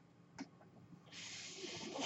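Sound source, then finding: Home mechanical ventilator. Mechanical ventilator breath cycle.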